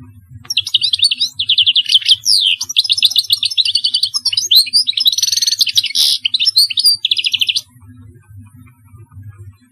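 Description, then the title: European goldfinch song: a rapid tumbling run of liquid twitters, trills and buzzy notes for about seven seconds, then quiet with a faint low hum. "Chant Chardonneret"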